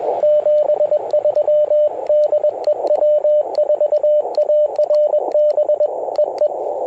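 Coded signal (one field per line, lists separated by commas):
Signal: Morse code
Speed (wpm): 20 wpm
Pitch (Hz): 590 Hz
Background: radio noise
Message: 73 DE W4ARB EE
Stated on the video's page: CW POTA activation on a Ten-Tec Argonaut V with full break-in QSK, BaMaKeY TP-III paddle, and MC-750 antenna.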